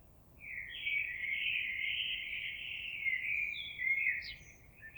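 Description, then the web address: Common blackbird singing one long, smooth warbled phrase lasting about four seconds, ending in a few higher, squeaky twittered notes. Recorded on 26 April 2022. "oiseaux Merle 2022 04 26"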